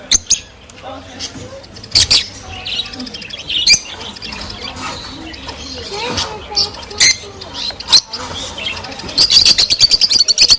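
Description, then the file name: Rosy-faced lovebird chirps and squeaks, scattered and irregular, ending in a fast run of high repeated chirps. Cheerful singing and chirping of rosy-faced lovebirds, more than one bird. "krasivoe i veseloe penie i chirikane rozovoshhekih nerazluchnikov"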